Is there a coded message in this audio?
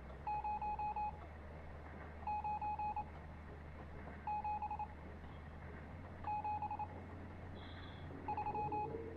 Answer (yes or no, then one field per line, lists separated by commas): yes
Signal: Morse code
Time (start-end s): 0.3-8.9 s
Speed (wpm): 26 wpm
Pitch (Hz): 840 Hz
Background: none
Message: 0 9 7 7 3